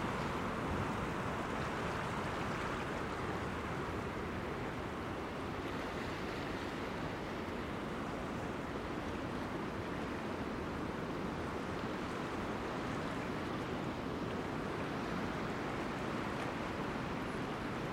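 Surf roars without a break at Cape Disappointment on Washington's Pacific coast, a dense, steady wash of noise weighted toward the low and middle range. Slight swells of brightness around six and twelve seconds hint at waves rising, but no single crash stands out.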